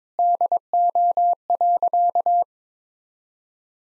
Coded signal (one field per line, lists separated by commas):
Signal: Morse code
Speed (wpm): 22 wpm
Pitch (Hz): 700 Hz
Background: none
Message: DO.